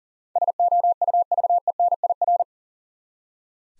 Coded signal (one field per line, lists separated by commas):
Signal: Morse code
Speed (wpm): 39 wpm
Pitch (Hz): 700 Hz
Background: none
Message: SOUVENIR